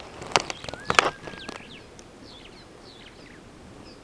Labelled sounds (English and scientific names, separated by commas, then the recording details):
Superb Starling (Lamprotornis superbus) flight call
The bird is a male
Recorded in Kenya on 9 June 2010
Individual 52, of group MRC1